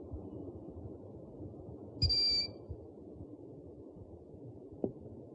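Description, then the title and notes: Owl giving a single thin, high, steady whistle lasting about half a second against continuous low background rumble. Compilation of 69 call variants from 11 owl species. "Sovy - Eulen - Owls. 69 variant hlasů - 11 druhů sov"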